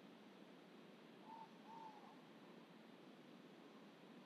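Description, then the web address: Ivory-breasted pitta with one double whistle, two mellow level notes close together, amid a continuous hissing background. Indonesia. "ULM-DS-Lab indonesian-bird-sounds. Pitta maxima"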